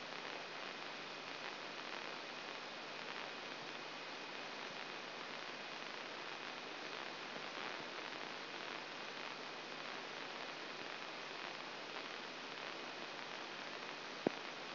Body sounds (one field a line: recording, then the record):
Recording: brain microelectrode recording played as sound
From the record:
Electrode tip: inside the subthalamic nucleus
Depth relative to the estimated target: 0 mm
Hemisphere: left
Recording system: AlphaMap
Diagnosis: Parkinson's disease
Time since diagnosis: 9 years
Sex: male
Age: 66 years